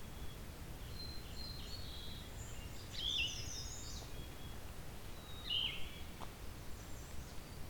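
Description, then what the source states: Yellow-throated Vireo giving two rough, buzzy phrases a few seconds apart over low background noise. Described as not a frequent singer; its song is likened to a Red-eyed Vireo's with a sore throat. Recorded at a spot between a quarry and a field.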